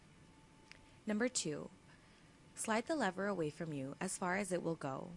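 The thumb grip of a plastic Advair Diskus dry-powder inhaler is slid away from the user until the outer cover clicks open on its housing and the mouthpiece is exposed, giving a single sharp, short click at 0.7 s. After that, someone talks.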